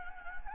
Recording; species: mosquito wingbeat signal from an infrared sensor; Anopheles gambiae